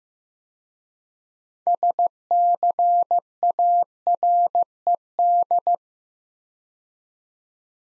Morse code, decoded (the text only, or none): SCARED